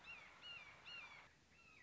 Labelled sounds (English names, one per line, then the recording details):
Red-shouldered Hawk
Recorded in Sonoma County, California